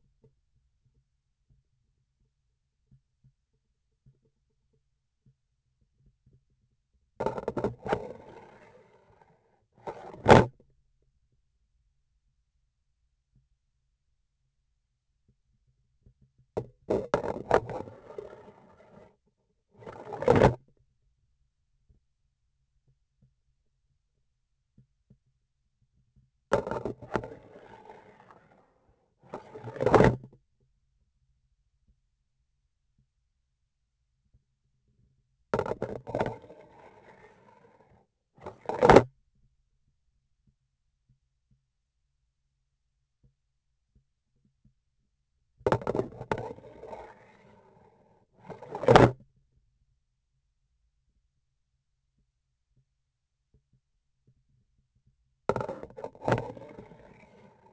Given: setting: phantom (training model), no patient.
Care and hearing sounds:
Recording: laparoscopic instrument, vibration sensor on the handle end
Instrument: grasping forceps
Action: insertion and removal through the trocar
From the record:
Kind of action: spatial motion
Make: other than Olympus

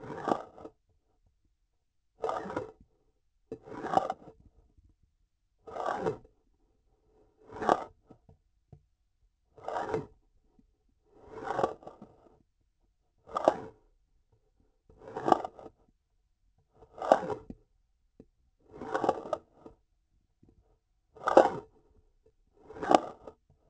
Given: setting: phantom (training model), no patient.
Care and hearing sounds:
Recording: laparoscopic instrument, vibration sensor on the handle end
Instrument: grasping forceps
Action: approaching and retracting movements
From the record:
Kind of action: spatial motion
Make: Olympus

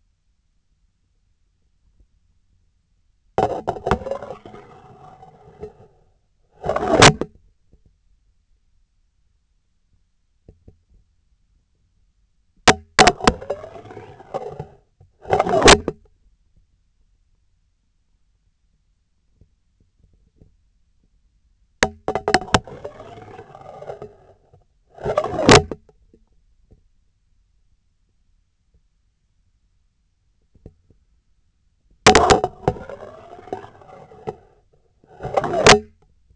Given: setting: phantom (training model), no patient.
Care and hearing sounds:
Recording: laparoscopic instrument, vibration sensor on the handle end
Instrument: scissors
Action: insertion and removal through the trocar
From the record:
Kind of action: spatial motion

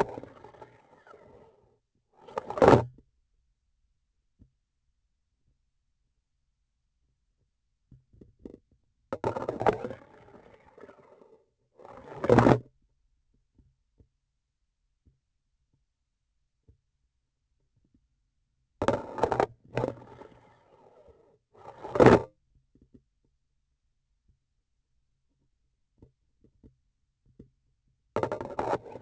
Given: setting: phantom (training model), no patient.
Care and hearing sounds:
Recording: laparoscopic instrument, vibration sensor on the handle end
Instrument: grasping forceps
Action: insertion and removal through the trocar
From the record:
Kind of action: spatial motion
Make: other than Olympus

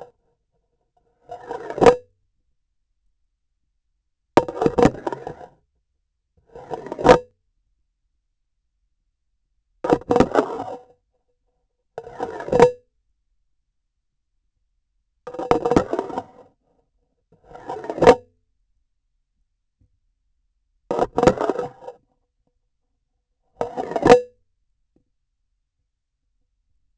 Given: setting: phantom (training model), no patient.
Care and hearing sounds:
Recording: laparoscopic instrument, vibration sensor on the handle end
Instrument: grasping forceps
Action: insertion and removal through the trocar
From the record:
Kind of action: spatial motion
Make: Olympus

